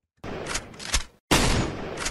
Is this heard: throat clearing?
no